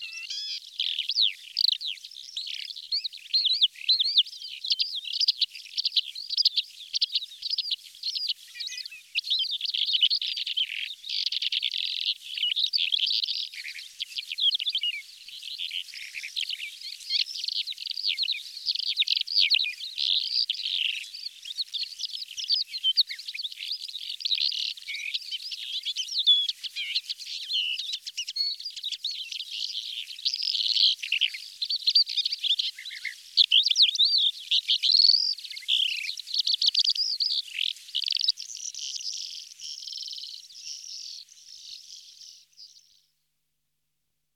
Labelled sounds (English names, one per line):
Calandra Lark song